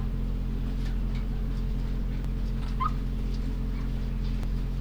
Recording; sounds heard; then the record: poultry house recording; sick chickens (respiratory disease)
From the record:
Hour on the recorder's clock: 0